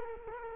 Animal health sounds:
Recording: mosquito wingbeat signal from an infrared sensor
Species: Culex quinquefasciatus

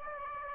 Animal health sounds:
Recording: mosquito wingbeat signal from an infrared sensor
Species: Aedes aegypti

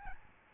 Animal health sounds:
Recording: mosquito wingbeat signal from an infrared sensor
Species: Aedes albopictus

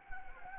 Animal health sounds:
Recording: mosquito wingbeat signal from an infrared sensor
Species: Anopheles gambiae

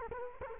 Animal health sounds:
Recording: mosquito wingbeat signal from an infrared sensor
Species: Culex quinquefasciatus

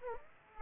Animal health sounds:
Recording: mosquito wingbeat signal from an infrared sensor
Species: Aedes aegypti

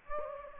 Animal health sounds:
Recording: mosquito wingbeat signal from an infrared sensor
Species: Aedes aegypti

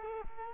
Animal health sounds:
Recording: mosquito wingbeat signal from an infrared sensor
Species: Culex quinquefasciatus

